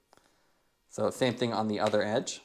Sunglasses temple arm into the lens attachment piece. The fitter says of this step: a slot and then lock into place so same thing